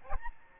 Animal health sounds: mosquito wingbeat signal from an infrared sensor; Aedes albopictus

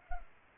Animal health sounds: mosquito wingbeat signal from an infrared sensor; Culex pipiens

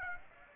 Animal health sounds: mosquito wingbeat signal from an infrared sensor; Aedes aegypti

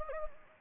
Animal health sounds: mosquito wingbeat signal from an infrared sensor; Anopheles gambiae

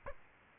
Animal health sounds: mosquito wingbeat signal from an infrared sensor; Aedes aegypti

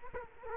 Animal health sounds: mosquito wingbeat signal from an infrared sensor; Culex quinquefasciatus

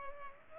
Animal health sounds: mosquito wingbeat signal from an infrared sensor; Culex pipiens

